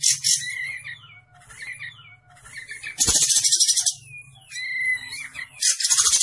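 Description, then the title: Olive-winged bulbul song: a short buzzy burst and quieter chirping phrases, then loud buzzy rattling bursts and clear whistled notes, over a low hum. Masteran training recording for cage birds; bird singing prolifically (gacor). "Masteran Kapas Tembak Gacor"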